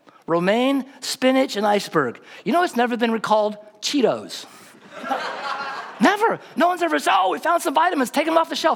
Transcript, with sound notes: romaine, spinach, and iceberg. Do you know what has never been recalled? Cheetos! (laughter) Never! No one has ever said, “Oh, we found some vitamins. Take them off the shelf!”